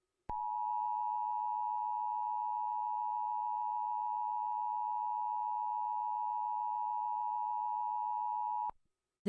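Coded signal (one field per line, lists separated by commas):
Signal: Emergency Alert System (SAME) tones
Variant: 853 and 960 Hz attention tone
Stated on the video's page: Simulated EAS nuclear attack alert, meant to accurately recreate what television and radio would air.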